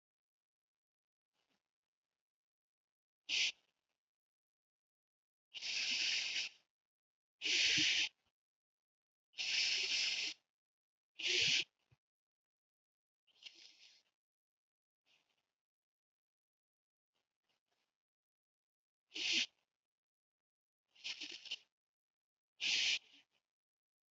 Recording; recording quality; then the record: shallow breathing; excellent, no background noise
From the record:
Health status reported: healthy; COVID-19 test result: negative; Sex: male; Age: 30 years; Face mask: worn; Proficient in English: yes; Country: United States